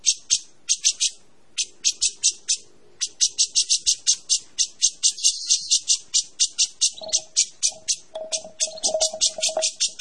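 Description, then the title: Grey-cheeked bulbul song: rapid harsh buzzy notes, high-pitched and repeated in quick bursts, with a steady low whistle joining near the end. Vigorous, sustained singing (described as 'gacor panjang'). "Suara Burung Cucak Jenggot Gacor Panjang"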